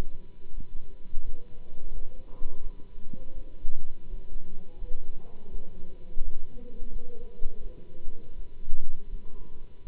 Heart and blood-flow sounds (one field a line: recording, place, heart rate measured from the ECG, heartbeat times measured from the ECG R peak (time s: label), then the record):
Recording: heart sounds by stethoscope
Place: between the tricuspid and mitral areas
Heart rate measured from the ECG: 84 bpm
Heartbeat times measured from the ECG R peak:
0.53 s: heartbeat
1.23 s: heartbeat
1.90 s: heartbeat
2.60 s: heartbeat
3.33 s: heartbeat
4.07 s: heartbeat
4.77 s: heartbeat
5.49 s: heartbeat
6.21 s: heartbeat
6.89 s: heartbeat
7.60 s: heartbeat
8.34 s: heartbeat
9.08 s: heartbeat
9.83 s: heartbeat
From the record:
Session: Bruce protocol treadmill stress test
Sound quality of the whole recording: good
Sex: male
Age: 26 years